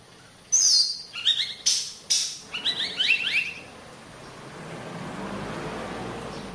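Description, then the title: Oriental magpie-robin giving a brief burst of sharp, high whistled and chattering notes for about three seconds, followed by a low steady background hiss. Indonesian name kacer; described as gacor, vigorously and continuously singing. "Suara Kacer Gacor"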